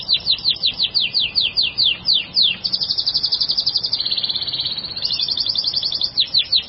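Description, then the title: Songbird singing a rapid series of falling whistled notes, then a dense shimmering trill, then more falling notes, all high-pitched and energetic. Labelled as a masteran recording. "LuckyBurung MasteranBest"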